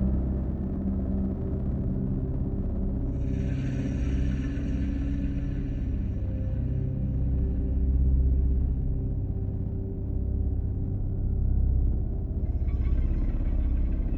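A distant planet ambience built on a dense, steady low rumble with a faint pulsing drone underneath that swells slightly around eight and twelve seconds. A thin, hissing shimmer rises at about three seconds and fades by nine, then a brighter one returns near thirteen seconds.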